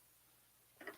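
The detachable phone-holder clamp is pulled off a smartphone gimbal after a quiet stretch. It gives a short double tick at 0.8 s and 0.9 s, the second louder, as it comes off, and the clamp is released.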